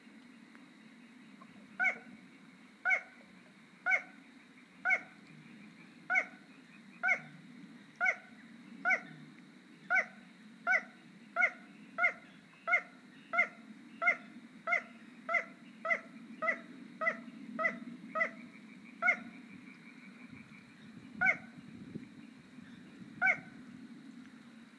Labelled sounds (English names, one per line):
Little Crake song